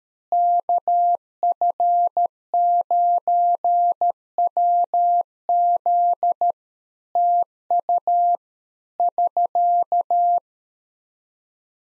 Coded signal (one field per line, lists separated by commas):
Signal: Morse code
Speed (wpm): 13 wpm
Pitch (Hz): 700 Hz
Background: none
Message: KF9WZ TU <SK>